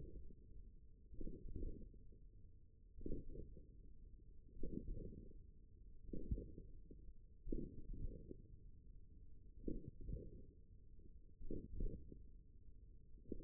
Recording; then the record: forearm muscle sounds (acoustic myography)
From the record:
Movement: hook grip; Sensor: system 1, eight BSWA MPA416 microphones around the upper forearm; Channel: 3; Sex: male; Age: 41 years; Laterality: right